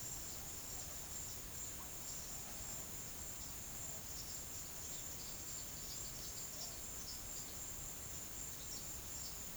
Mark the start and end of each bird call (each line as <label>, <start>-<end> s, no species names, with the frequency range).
bird call (3.8-6.3 kHz), 4.17-7.53 s